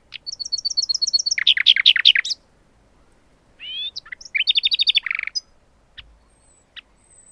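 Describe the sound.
Common nightingale song: quick bursts of repeated sharp notes and throaty pulses, a pause, then another rapid rattling burst with a few soft ticks after.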